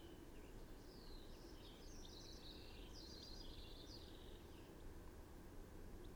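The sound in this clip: Bird singing a faint, high, jumbled warble of chirps for a few seconds against constant low rumble.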